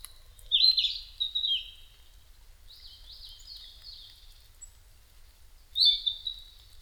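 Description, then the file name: Narcissus flycatcher song: a loud, slurred whistled phrase, a softer series of short notes, then another strong whistle after a pause. Recorded 5 May 2008 at 07:22. "kibitaki 20080505-0722"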